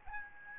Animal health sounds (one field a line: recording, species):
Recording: mosquito wingbeat signal from an infrared sensor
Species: Aedes albopictus